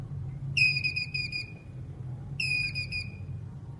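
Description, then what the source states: Squirrel call of two quick series of high, ringing notes nearly two seconds apart, over a low humming background. Male squirrel calling.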